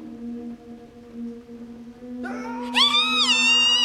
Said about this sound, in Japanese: 今度は誰かの悲鳴だ。なんだ、この学校で何が起きてるんだ。